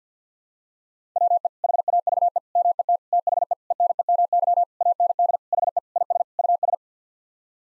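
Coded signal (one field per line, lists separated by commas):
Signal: Morse code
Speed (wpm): 50 wpm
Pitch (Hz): 700 Hz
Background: none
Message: WE HAVE MET THE ENEMY AND HE IS US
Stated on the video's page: Morse code practice at 50 wpm, nine-word groups for head-copying.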